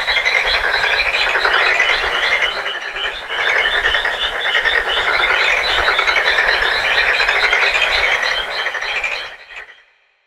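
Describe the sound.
Frog chorus: dense, overlapping pulsed croaks and trills, briefly thinning once, then fading out near the end.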